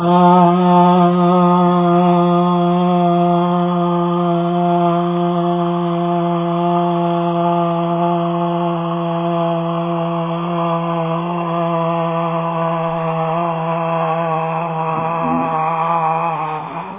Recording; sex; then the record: sustained vowel /a/; male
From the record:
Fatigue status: fatigue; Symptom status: symptomatic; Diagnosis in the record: COVID-19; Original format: 3gp